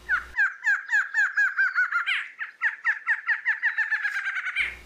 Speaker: Pois é, é o som da choca barrada.